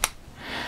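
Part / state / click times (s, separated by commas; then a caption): steel side plate into the back plate slot of a folding pocket stove / seated / 0.0 s. A stainless steel side plate of a Bushbox Outdoor folding pocket stove is pressed onto the back plate until its projection locks into the slot, giving a sharp, bright click at 0.0 s. A quieter, broader hiss-like rustle follows toward the end. The plate snaps into place and is seated.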